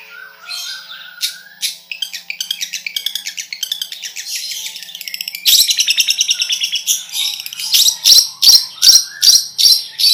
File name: suara cendet